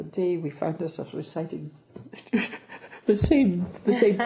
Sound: giggle